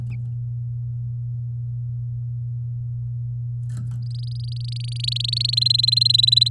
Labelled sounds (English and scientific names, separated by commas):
Domestic Canary (Serinus canaria) song